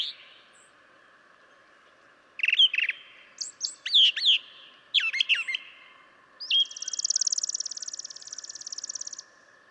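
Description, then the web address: Brown Thrasher song, a few loud varied phrases followed by a long, fast, buzzy rattle. "birdsongforthecurious Brown Thrasher"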